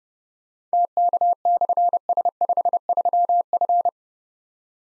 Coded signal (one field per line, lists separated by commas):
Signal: Morse code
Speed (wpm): 28 wpm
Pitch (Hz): 700 Hz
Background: none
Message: TK/S53F